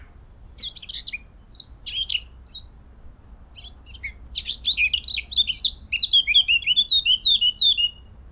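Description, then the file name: Eurasian blackcap song: a quiet, scratchy warble builds into a loud run of clear, fluty whistles falling in pitch, repeated rapidly toward the end. "Sylvia atricapilla"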